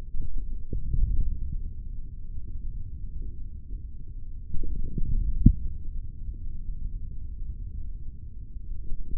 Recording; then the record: forearm muscle sounds (acoustic myography)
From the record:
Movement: hand closing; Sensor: system 3, bracelet of six PUI Audio POM-2738L microphones around the upper forearm, with dedicated amplification and filtering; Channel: 4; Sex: male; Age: 23 years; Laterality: right